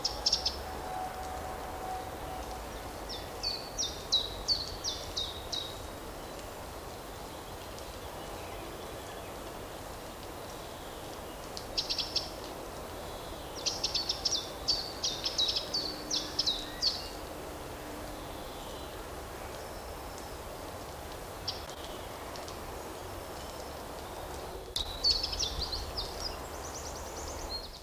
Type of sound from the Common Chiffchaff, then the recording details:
song. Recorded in the wild. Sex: male. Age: adult. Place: Mühlenbecker Land, OT Summt, Brandenburg, DE. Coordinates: 52.6928, 13.3553. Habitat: forest. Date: 1988-04-17 15:21. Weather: 16-18°C. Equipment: Sony WM-D6C, Sony ECM-939 LT, Kopie 19 cm. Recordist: Tembrock, Günter